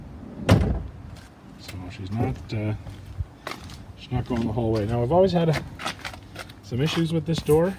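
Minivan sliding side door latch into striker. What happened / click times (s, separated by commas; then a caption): Sliding door latch gives a clunk but does not fully close / 0.5 s. A Hyundai Entourage minivan's sliding side door is pulled shut, and its latch meets the striker with a loud clunk at 0.5 s. The door still does not click closed all the way, and someone talks afterward.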